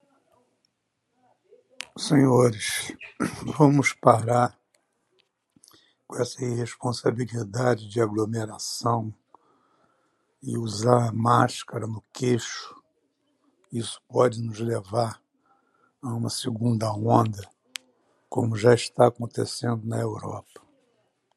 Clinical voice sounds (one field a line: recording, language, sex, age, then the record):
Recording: spoken sentence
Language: Brazilian Portuguese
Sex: male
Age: 60 to 69 years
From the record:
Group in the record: control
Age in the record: 61 years